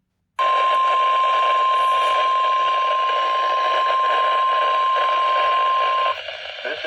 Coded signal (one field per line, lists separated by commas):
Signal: Emergency Alert System (SAME) tones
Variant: 1050 Hz attention tone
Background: speech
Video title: Thanksgiving Day Special! EAS Alerts from 11/23-26/2025. (EAS #432- 438)